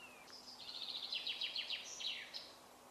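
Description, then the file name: Common chaffinch song: a quick run of bright, repeated notes that steps downward in pitch and ends in a short flourish. "Fringilla coelebs"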